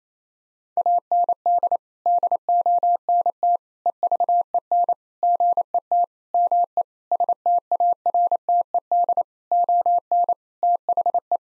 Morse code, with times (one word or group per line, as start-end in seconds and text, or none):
0.8-1.8 AND
2.1-3.6 DONT
3.9-4.9 EVEN
5.2-6.0 GET
6.3-6.8 ME
7.1-9.2 STARTED
9.5-10.3 ON
10.6-11.4 THE